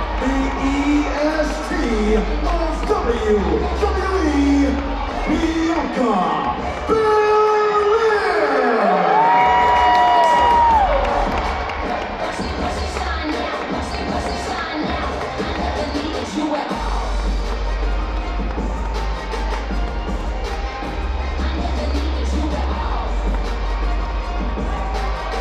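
A packed arena crowd roars and chants at a wrestling event, a dense, continuous wall of voices with scattered shouts and whoops. Piercing whistles and high yells rise around the eight-to-eleven-second mark, where the noise peaks, before settling into a steadier rumble.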